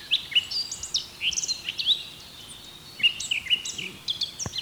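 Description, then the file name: Eurasian blackcap warbling song, two bursts of quick, varied, slurred high notes separated by a short pause, with faint background hiss. "Sylvia atricapilla"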